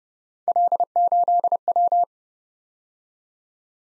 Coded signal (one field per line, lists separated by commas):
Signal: Morse code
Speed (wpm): 34 wpm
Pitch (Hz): 700 Hz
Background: none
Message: L8W